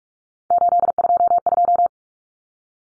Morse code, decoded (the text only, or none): 822